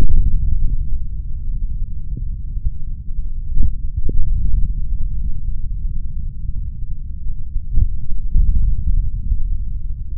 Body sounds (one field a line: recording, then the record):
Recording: forearm muscle sounds (acoustic myography)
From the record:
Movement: finger pinch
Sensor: system 3, bracelet of six PUI Audio POM-2738L microphones around the upper forearm, with dedicated amplification and filtering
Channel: 1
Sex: male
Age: 26 years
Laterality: right